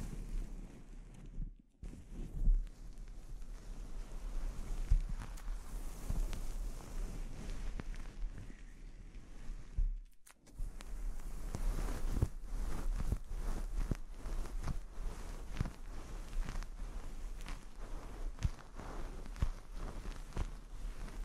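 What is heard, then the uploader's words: Scalp treatment with a dense, rushing rub of fingers or tools against hair, full and textured from low to bright. Quick crackling strokes pile up steadily, growing busier in the second half. Brief drops to near silence come around two and ten seconds. ASMR Sleep Inducing Scalp Treatment (No Talking).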